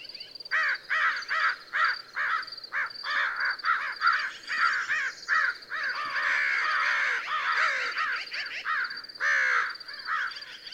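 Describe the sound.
American crow calling with rough, repeated caws, short bursts at first, then a longer run of overlapping harsh notes.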